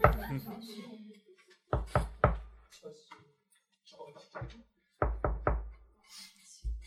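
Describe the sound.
Sharp, heavy knocks on a door in bursts of three, then a lone knock, another quick triple and one more, with faint murmuring voices in the pauses.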